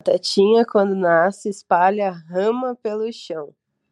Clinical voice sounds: short text; Brazilian Portuguese; female; 20 to 29 years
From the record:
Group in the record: control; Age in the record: 25 years

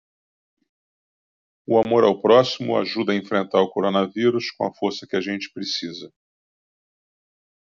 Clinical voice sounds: spoken sentence; Brazilian Portuguese; male; 50 to 59 years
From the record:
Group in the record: control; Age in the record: 59 years

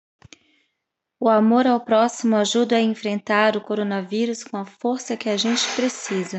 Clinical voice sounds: spoken sentence; Brazilian Portuguese; female; 40 to 49 years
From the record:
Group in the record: control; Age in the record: 43 years

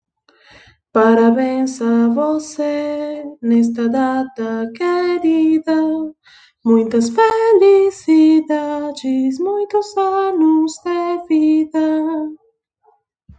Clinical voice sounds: short text; Brazilian Portuguese; female; 20 to 29 years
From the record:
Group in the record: control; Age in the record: 29 years

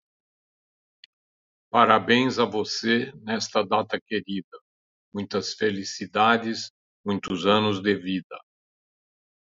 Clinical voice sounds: short text; Brazilian Portuguese; male; 70 to 79 years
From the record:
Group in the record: control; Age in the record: 72 years

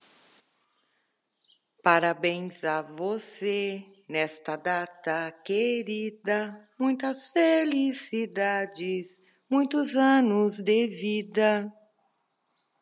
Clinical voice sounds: short text; Brazilian Portuguese; female; 60 to 69 years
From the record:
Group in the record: control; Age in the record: 65 years

